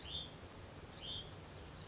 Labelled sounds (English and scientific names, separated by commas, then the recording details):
Hutton's Vireo (Vireo huttoni)
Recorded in Sonoma County, California